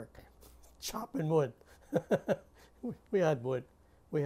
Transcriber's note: he laughs